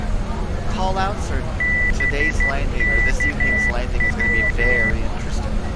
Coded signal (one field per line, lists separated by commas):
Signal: Morse code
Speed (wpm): 12 wpm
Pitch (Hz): 2000 Hz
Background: speech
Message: BKW